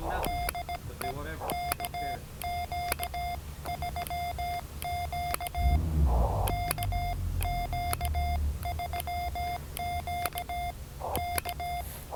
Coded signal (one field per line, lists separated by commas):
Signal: Morse code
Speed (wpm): 17 wpm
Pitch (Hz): 700 Hz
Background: none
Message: DE KQ3Q KQ3Q K